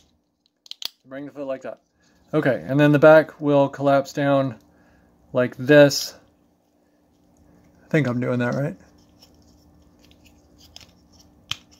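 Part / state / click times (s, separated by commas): plastic back panel of a transforming robot figure closing onto the torso / seated / 11.5 s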